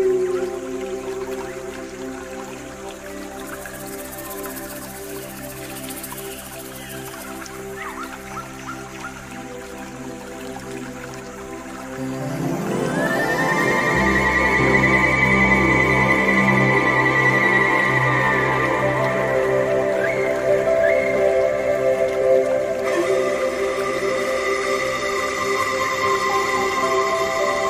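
Pan flute tones hold long, steady notes over a soft, constant water wash. Around thirteen seconds the music swells louder, with a high note sliding up and sustaining, and the fuller, brighter layering continues to the end.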